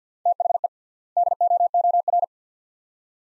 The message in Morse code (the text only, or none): THE DOOR